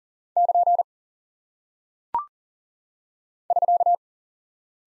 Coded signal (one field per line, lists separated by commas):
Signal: Morse code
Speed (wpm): 40 wpm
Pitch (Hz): 700 Hz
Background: none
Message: <KN> <SK>